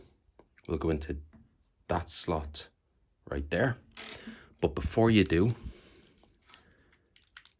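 Someone talks while handling the plastic arms and shoulder tab of a transforming robot toy, moving the arms into orientation before the shoulder tab is pushed home into its slot. Only light handling noises and small taps are heard between the words, and nothing has seated or clicked yet.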